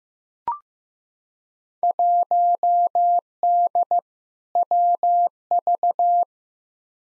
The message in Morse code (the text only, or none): 1D WV